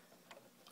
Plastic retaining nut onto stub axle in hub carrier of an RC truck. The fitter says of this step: You'll hear it click.